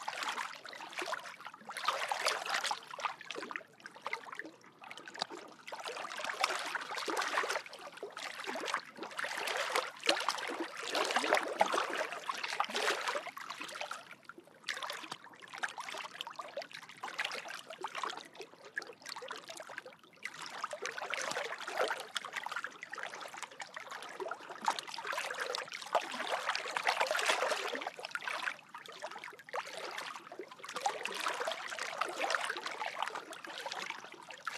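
Calm lake water laps in uneven swells, each rush of hissing splash building and easing every few seconds with brief quieter gaps between. The sound is bright and airy with almost no deep rumble, and nothing else stands out behind the water.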